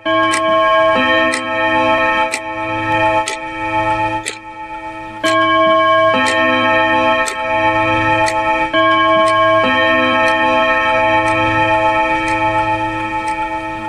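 A clock ticks steadily, roughly once per second, with sharp clicks laid over a sustained, droning musical chord that swells and dips; no one speaks.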